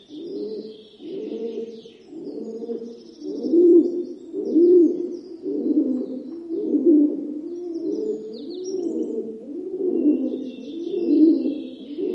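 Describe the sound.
Rock pigeon giving a steady series of low, rolling coos, roughly one per second, faint bird twitters in the background.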